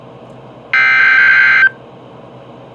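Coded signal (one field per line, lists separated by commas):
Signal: Emergency Alert System (SAME) tones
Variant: header bursts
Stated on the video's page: Weekly National Weather Service and EAS test, held Tuesday evenings and Wednesday late mornings.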